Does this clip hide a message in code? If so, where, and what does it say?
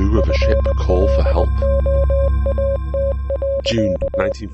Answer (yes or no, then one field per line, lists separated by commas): yes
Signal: Morse code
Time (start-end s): 0.2-4.3 s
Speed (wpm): 20 wpm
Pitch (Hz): 550 Hz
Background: speech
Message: FLOAT.